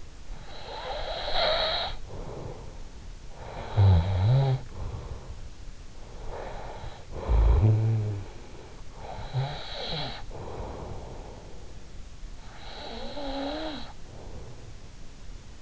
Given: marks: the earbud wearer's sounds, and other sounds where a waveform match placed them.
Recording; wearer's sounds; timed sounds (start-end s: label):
sounds in sleep by an in-ear microphone; snoring breath
0.17-2.74 s: snoring breath
3.20-5.66 s: snoring breath
6.35-11.43 s: snoring breath
12.06-14.58 s: snoring breath